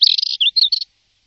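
Bird giving a brief burst of high chirping notes, a scratchy twitter followed by three quick separate chips, under a second long.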